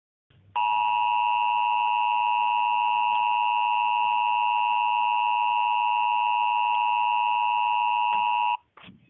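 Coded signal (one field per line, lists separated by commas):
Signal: Emergency Alert System (SAME) tones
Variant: 853 and 960 Hz attention tone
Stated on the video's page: Fake, mock Emergency Alert System broadcast about an alien invasion; not real.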